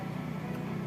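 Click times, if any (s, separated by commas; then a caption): none. A wiring socket on a Beat eSP motor scooter's electrical harness is being pushed back onto its mating connector, during a fix for a horn and speedometer light that stay on with the ignition off. A steady low hum fills the second with no sharp hit. Nothing has seated or clicked yet.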